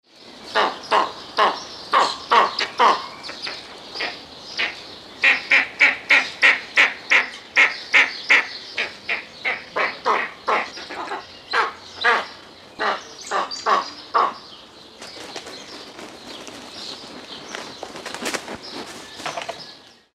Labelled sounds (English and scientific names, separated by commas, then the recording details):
Eastern Imperial Eagle (Aquila heliaca)
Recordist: Tembrock, Günter
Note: Rufe eines Paares auf dem Horst